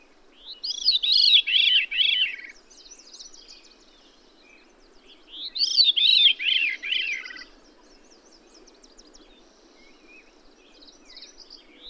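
Bird song: two bursts of four or five high, arching, slurred notes about five seconds apart, with faint twittering between them.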